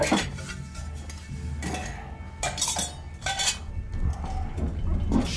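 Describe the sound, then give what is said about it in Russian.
Metal and hard objects clink and clatter repeatedly as two men toss goods into a sack, with bright irregular jangles over a low rustling rumble and no voices. “Вместе с индейцем начинают заполнять мешок товаром.”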